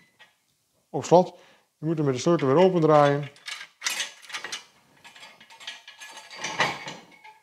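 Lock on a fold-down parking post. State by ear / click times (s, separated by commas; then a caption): seated / 6.6 s. Someone talks as a fold-down metal parking post is raised upright and its lock is pushed closed; this lock shuts without a key. Ratchet-like mechanical clicks and scrapes follow, and the lock clicks shut at 6.6 s, leaving the post locked.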